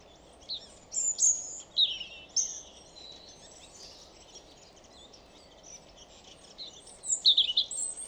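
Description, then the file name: European robin singing high, thin warbled phrases, bursts through the first three seconds, a lull, then another bright phrase near the end, over soft steady hiss. "Erithacus rubecula"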